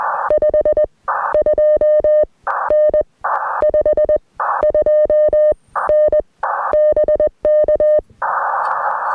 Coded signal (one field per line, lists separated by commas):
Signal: Morse code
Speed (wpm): 20 wpm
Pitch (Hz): 610 Hz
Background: music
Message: 52N 52N BK